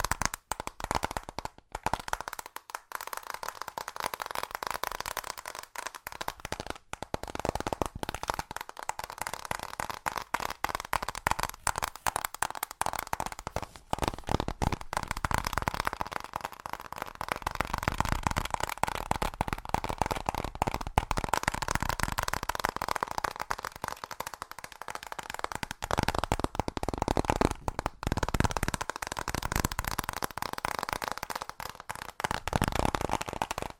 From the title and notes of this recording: ASMR Fast Tapping for The Most Tingles (No Talking).